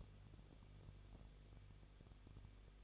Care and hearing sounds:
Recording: daily activity, microphone in the room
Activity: no activity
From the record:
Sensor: 4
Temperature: 23.1 degrees Celsius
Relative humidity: 34.0%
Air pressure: 1007.2 hPa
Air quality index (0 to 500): 215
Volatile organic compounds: 15 ppm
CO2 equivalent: 2490 ppm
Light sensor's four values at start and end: 2/3/1/1 and 2/3/1/1

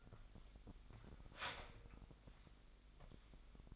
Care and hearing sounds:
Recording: daily activity, microphone in the room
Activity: start toaster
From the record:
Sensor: 5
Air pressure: 1002.1 hPa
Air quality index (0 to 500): 204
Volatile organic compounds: 19 ppm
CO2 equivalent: 2643 ppm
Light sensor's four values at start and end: 33/108/41/44 and 33/108/41/44

